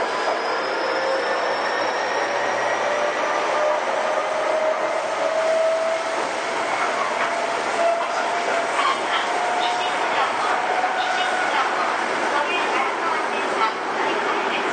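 A Toei 6300 series train runs between Nishi-Takashimadaira and Jimbocho, with a steady, dense rolling roar throughout. A motor whine climbs slowly in pitch over the first eight seconds, and light clicks and rattles scatter through the second half.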